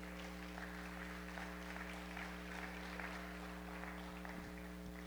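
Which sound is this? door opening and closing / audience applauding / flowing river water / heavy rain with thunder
audience applauding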